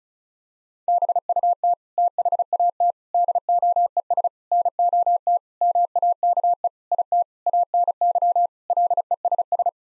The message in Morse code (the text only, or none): BUT THAT DOES NOT MAKE IT ANY LESS